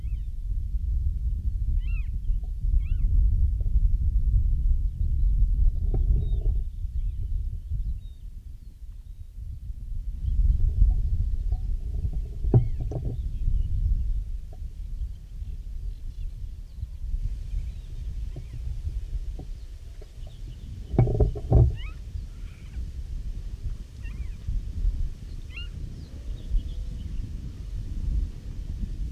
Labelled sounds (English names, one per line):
Western Marsh Harrier